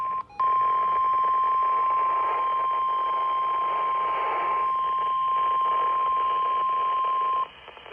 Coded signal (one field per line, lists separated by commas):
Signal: Emergency Alert System (SAME) tones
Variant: 1050 Hz attention tone